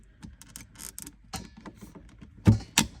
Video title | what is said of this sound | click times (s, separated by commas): How to replace Watts Premier Filter-Pure UF3 Water Filtration System from Costco Canada | There you go, that click. | 2.8 s